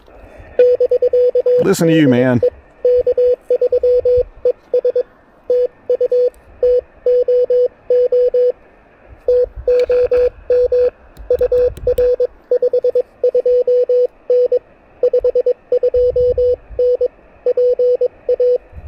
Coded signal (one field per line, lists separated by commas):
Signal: Morse code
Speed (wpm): 21 wpm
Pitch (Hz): 500 Hz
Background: speech, radio noise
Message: <BK> DE K3ES TU TOO TOM UR 52N 52N PA